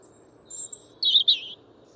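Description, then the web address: European robin song fragment: thin, very high sustained whistles followed by two short twittering notes. "Deverinetal 2025 File origin Bird Only Er Ru"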